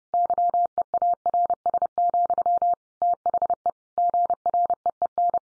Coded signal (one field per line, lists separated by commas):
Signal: Morse code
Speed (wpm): 30 wpm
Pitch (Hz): 700 Hz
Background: none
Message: YEARS, THE GREEN